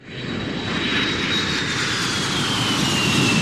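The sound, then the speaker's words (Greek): An airplane landing: a steady, loud roar of jet engines with a thin high whine that slowly drifts lower in pitch, continuous throughout with no voices. “Προσγειώθηκα προς την κατεύθυνση αυτή.”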